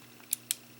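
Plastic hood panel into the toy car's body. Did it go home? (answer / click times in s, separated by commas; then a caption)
no / none. Someone presses down the slightly bowed plastic hood panel of a Transformers Age of Extinction Deluxe High Octane Bumblebee toy in its black Camaro muscle-car mode. Two short, sharp plastic ticks come at 0.3 s and 0.5 s from the pressing itself. The hood does not seat or click into place.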